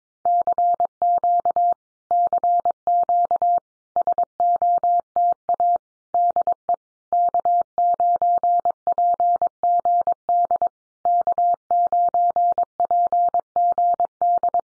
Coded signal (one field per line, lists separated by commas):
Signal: Morse code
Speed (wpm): 22 wpm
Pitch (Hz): 700 Hz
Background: none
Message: CQ CQ SOTA DE K9PGD K9PGD